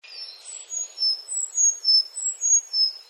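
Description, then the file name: Insect calling with high, thin pulsed notes in a steady rhythm. "ezomushi"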